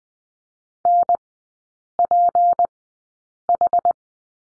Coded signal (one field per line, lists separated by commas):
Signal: Morse code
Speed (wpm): 20 wpm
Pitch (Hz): 700 Hz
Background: none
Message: NPH